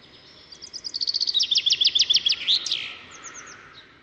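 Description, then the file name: Common chaffinch singing a lively descending phrase of rapid repeated notes closing with a sharp terminal flourish, followed by several soft high chips. "Fringilla coelebs"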